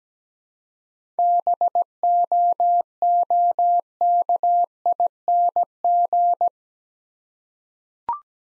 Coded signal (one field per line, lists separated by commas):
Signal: Morse code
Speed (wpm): 17 wpm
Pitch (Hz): 700 Hz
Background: none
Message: BOOKING